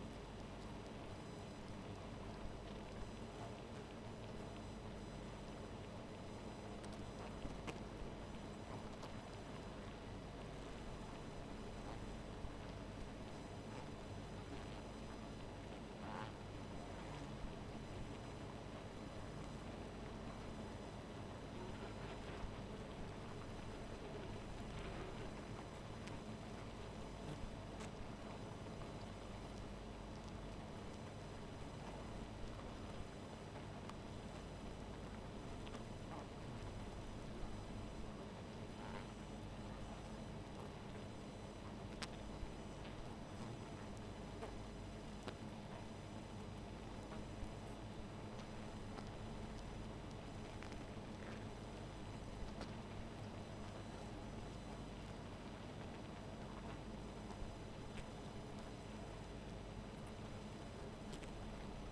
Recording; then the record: honeybee colony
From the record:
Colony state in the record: missing queen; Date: 14 July 2017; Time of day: 0:03